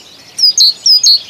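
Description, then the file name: Great tit song: clear two-note phrases, a high slurred note dropping into a lower note, repeated about every half second. "Bogatka"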